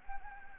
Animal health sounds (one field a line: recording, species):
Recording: mosquito wingbeat signal from an infrared sensor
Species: Anopheles gambiae